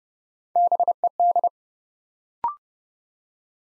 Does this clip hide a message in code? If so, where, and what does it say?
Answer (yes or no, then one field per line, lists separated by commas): yes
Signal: Morse code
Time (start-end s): 0.6-1.5 s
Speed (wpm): 28 wpm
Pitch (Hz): 700 Hz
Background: none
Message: BED